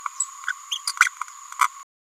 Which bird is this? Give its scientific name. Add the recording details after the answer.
Forpus passerinus. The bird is a female. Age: 29 days. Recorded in a nest box in Venezuela. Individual 17B102A6